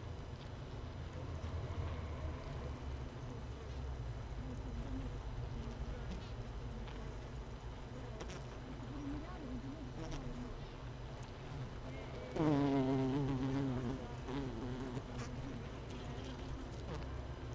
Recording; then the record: honeybee colony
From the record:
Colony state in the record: missing queen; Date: 31 May 2018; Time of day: 15:56